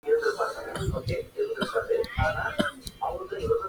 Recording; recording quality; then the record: shallow voluntary cough; moderate, slight background noise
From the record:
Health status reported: healthy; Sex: male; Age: 23 years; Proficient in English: yes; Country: India